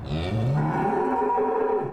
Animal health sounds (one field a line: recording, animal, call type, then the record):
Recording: contact call of a hoofed animal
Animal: cattle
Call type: low-frequency (closed-mouth) or high-frequency (open-mouth) call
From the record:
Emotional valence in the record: negative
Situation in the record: full separation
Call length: 1.93 s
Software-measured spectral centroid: 1070 Hz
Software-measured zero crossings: 1080 a second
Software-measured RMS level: -24 dBFS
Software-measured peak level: -13 dBFS